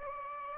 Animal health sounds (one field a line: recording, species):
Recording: mosquito wingbeat signal from an infrared sensor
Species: Aedes aegypti